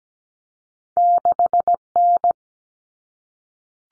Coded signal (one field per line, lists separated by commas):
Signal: Morse code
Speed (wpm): 17 wpm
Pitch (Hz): 700 Hz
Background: none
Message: 6N